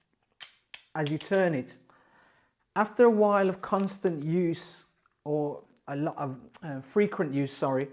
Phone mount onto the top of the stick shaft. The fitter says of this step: even though it clicks into place as